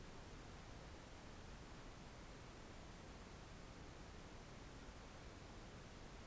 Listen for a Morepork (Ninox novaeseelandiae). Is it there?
no